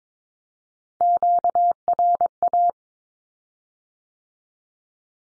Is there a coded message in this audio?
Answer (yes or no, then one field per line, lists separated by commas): yes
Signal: Morse code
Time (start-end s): 1.0-2.7 s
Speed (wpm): 22 wpm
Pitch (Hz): 700 Hz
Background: none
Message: QRA